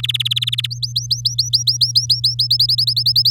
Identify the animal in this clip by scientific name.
Serinus canaria